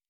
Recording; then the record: hydrophone in a shrimp aquaculture tank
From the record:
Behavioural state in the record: normal